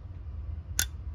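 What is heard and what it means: On a rebuilt Ford alternator, a retaining wire is pulled out of the back and the spring-loaded carbon brushes are released. They snap against the commutator with a single sharp click at 0.8 s over a low steady hum. The brushes are seated.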